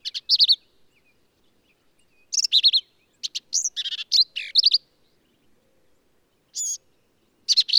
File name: Black-capped Vireo